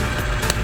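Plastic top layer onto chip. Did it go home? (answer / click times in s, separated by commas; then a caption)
yes / 0.5 s. A plastic spinning top layer is placed on its sparking chip and twisted until it locks. A sharp click at 0.5 s marks it seating and locking in place.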